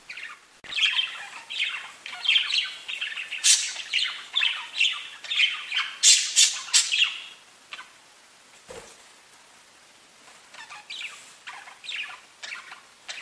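Budgerigar chatter, dense harsh squawks and warbling chirps in rapid irregular bursts for about seven seconds, then a pause and softer scattered calls.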